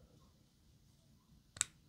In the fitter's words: Ne, jetzt ist er eingerastet.